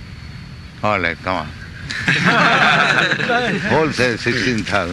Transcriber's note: laughter